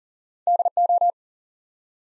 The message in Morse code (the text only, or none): DO